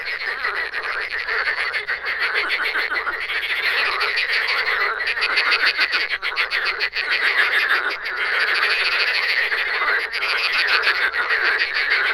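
Frog chorus of fast, raspy croaks overlapping continuously, a thick pulsing wall of sound with brief dips in loudness.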